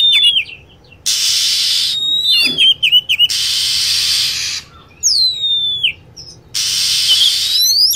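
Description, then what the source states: Lovebird calls open with a falling whistle, followed by choppy chirps, long harsh hissing screeches and sharp descending sweeps in a repeating pattern. Lure sound used to attract lovebirds.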